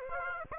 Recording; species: mosquito wingbeat signal from an infrared sensor; Aedes aegypti